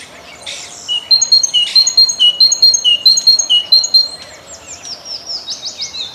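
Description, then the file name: Great tit singing a steady series of two-note phrases, with fainter chirps after. "Bogatka"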